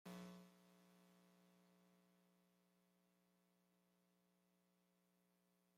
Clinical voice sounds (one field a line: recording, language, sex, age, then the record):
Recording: short text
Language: Brazilian Portuguese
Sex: female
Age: 60 to 69 years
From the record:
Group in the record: control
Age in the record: 67 years